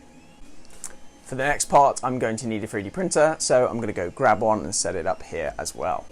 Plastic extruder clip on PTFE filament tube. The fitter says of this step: Which locks into place.